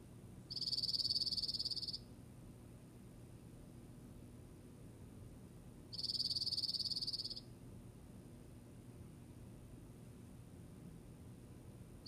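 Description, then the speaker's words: Dark-eyed Junco trill: two high, even, rapid trills, each about a second and a half, spaced several seconds apart, with a third starting at the very end, over a soft steady hiss. Winters locally, then migrates to Canada at the end of April. "This is the Dark-Eyed Junco, and this is the sound they make."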